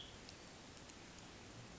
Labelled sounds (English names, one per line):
Western Tanager